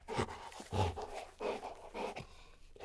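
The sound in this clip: Golden Retriever panting: several heavy breathy huffs at a fairly steady rate.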